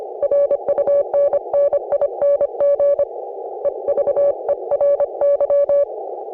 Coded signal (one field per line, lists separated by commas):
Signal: Morse code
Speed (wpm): 26 wpm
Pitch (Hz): 560 Hz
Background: none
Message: RUNNING EVERY